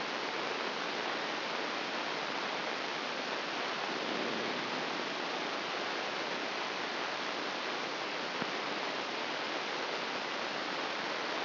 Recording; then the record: brain microelectrode recording played as sound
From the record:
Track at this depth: outside the subthalamic nucleus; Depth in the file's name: 6.398 mm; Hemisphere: left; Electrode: 3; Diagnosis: Parkinson's disease